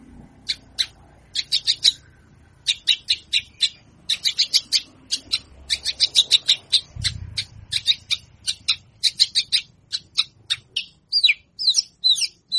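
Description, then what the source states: Javan bush lark in continuous song, dense sharp chirps and clicks that close with slurred whistled notes; faint low rumble underneath. Local name branjangan; presented as isian, song-filler material.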